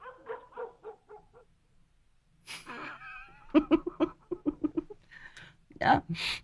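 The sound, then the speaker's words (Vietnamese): A dog barks in a quick run of short, sharp, mid-pitched yaps, loud and rhythmic, with a person's voice speaking briefly before and around the barking. “Không là anh thả chó ra anh cắn đấy.”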